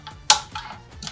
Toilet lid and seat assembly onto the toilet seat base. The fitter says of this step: Listen for a clicking sound once it's locked into place.